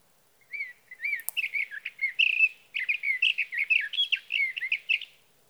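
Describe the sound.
Sage thrasher song: a rapid, continuous jumble of high warbled and buzzy phrases after two short opening notes, with one brief click near the start.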